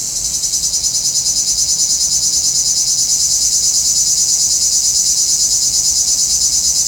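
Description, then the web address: Cicadas produce a shrill, pulsing buzz that builds quickly at the start, then holds a loud, even rhythm. "Nature Sounds – Nature Chill Out 2014. Sounds from a Rnewood Cicadas"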